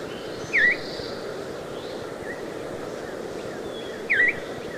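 Veery giving two short dipping-and-rising whistled notes about three and a half seconds apart, with faint other bird notes and a constant low rumble.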